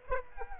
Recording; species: mosquito wingbeat signal from an infrared sensor; Aedes aegypti